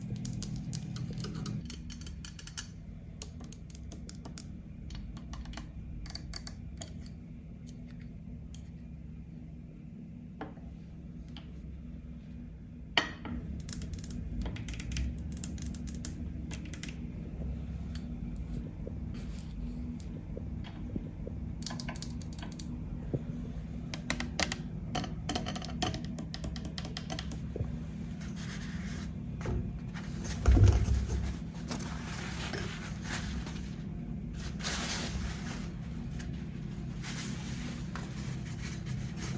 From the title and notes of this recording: ASMR Hotel Room Tour ~ Lens Tapping & Scratching in Berlin.